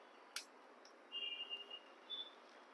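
The sliding part of a slingshot gun body is pushed all the way to its end stop, where it lands with a sharp knock at 0.4 s, followed by a much fainter tick at 0.9 s. Brief high tonal sounds follow from about 1.1 s to 2.3 s over low background noise. The slide is seated at its end stop.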